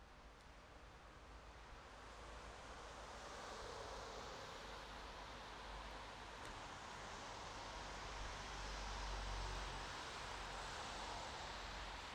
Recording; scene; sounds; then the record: everyday scene through a hearing-aid microphone; in traffic; traffic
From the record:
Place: bus stop on a city main road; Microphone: in the ear canal, right